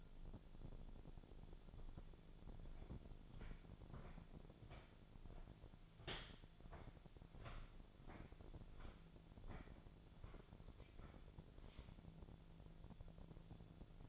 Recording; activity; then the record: daily activity, microphone in the room; walk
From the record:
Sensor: 5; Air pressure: 1008.3 hPa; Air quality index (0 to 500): 152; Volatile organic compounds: 3 ppm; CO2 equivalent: 1460 ppm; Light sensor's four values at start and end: 63/175/69/69 and 63/175/68/69